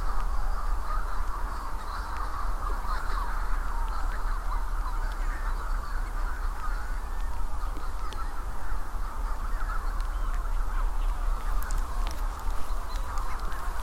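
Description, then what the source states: Manx Shearwaters calling in a dense, continuous chorus of raucous, crowing cries with no pause, backed by a constant low rumble. Many wild birds calling after dark before midnight on an overcast, starless night in June 2018 on Skomer Island, Wales; pairs calling to find each other during a census.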